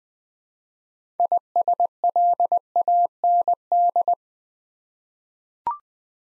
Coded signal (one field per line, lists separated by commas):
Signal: Morse code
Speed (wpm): 20 wpm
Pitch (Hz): 700 Hz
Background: none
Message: ISLAND